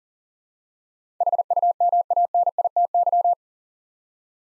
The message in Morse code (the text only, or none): HUMANITY